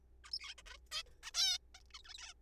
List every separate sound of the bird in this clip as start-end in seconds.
0.24-0.30, 0.32-0.39, 0.40-0.54, 0.58-0.62, 0.66-0.77, 0.92-1.02, 1.23-1.31, 1.34-1.58, 1.75-1.79, 1.94-1.99, 1.99-2.02, 2.05-2.14, 2.14-2.18, 2.18-2.33